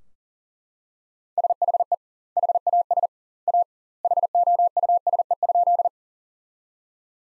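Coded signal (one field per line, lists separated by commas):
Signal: Morse code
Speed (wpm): 37 wpm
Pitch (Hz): 700 Hz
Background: none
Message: SHE HAS A HOUSE?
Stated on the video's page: Morse practice sentences from the top 200 words at 40 wpm with 2x standard word spacing, a Farnsworth-like method applied to words.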